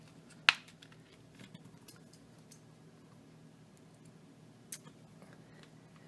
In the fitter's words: the rest will just snap into place and